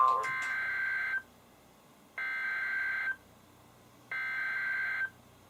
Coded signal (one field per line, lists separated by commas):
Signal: Emergency Alert System (SAME) tones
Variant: header bursts